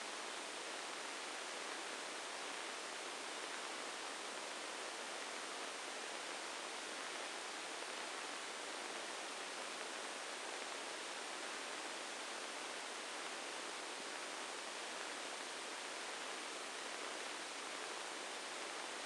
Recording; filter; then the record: brain microelectrode recording played as sound; spike band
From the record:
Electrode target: subthalamic nucleus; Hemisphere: right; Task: reaching with the left hand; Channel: 1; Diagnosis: Parkinson's disease